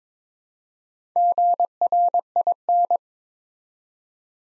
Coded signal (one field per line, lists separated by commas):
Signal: Morse code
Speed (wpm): 23 wpm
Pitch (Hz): 700 Hz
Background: none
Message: GRIN